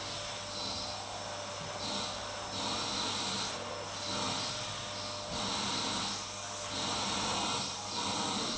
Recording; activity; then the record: daily activity, microphone in the room; vacuum cleaning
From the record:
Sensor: 3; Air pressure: 991.8 hPa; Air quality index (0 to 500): 196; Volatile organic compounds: 1000 ppm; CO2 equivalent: 6627 ppm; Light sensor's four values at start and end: 32/95/39/33 and 32/95/38/33